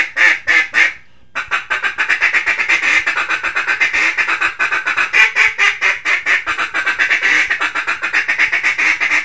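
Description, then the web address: Mallard quacking, a fast run of harsh nasal quacks about four per second, with a short pause near the start and then steady calling throughout. "Duck Mallard"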